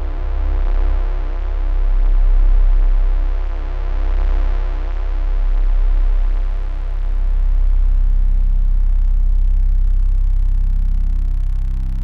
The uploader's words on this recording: On one set, we toy with the unusual harmonics of complex, layered source tones. Sometimes dirty and uncomfortable.